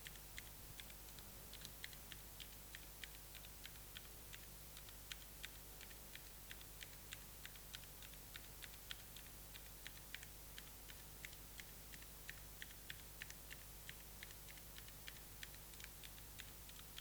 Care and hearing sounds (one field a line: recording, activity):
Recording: daily activity, guitar pickup as the sensor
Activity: type